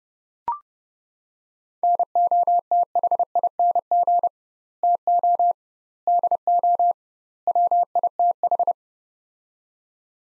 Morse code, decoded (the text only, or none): NOTHING TO DO WITH